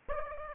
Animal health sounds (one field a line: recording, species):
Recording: mosquito wingbeat signal from an infrared sensor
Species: Aedes aegypti